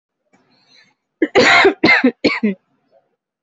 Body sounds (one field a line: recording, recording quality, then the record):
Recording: heavy voluntary cough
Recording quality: excellent, no background noise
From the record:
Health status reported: healthy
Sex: female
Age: 20 years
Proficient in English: yes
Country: India